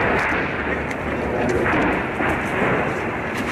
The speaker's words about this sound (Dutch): Uit het niets klinken doffe knallen op het plein in het centrum van Gori.